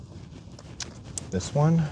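On a 2022-2026 Honda Civic (Gen 11) with the 2.0L engine, an electrical wiring connector is pushed onto an ignition coil and its plastic locking clip is pressed in. A few faint taps lead up to a sharp, short click at 1.2 s as the connector seats, and someone talks near the end.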